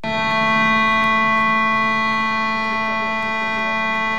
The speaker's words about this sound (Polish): Syreny zabrzmiały, serce zadrgało, krótko.